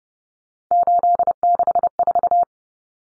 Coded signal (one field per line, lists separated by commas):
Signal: Morse code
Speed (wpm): 30 wpm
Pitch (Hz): 700 Hz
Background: none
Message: 864